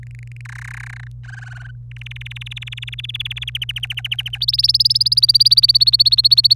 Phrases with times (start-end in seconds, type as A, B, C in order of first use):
0.03-0.41 A, 0.45-1.07 B, 1.25-1.71 C, 1.91-3.44 D, 3.47-4.38 E, 4.41-6.54 F